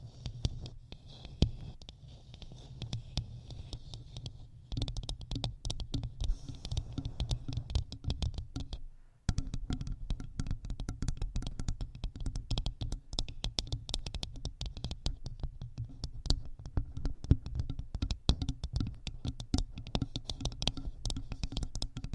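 Rapid tapping on objects against a microphone, sharp clicks coming in dense, irregular bursts over a low, steady hum. Brief pauses break the pattern near five seconds and again around nine, after which the tapping resumes, slightly quieter and more even.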